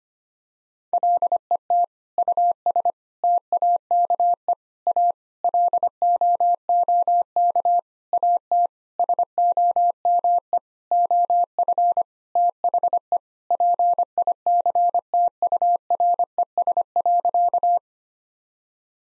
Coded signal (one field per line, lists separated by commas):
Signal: Morse code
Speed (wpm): 25 wpm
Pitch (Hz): 700 Hz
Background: none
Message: LET US TAKE A LOOK AT SOME OF THE PICTURES.